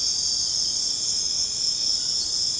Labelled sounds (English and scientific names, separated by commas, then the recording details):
none
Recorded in secondary vegetation near Puerto Asís, Putumayo, Colombia, on 13 March 2025 at 00:30
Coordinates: 0.485, -76.322
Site G040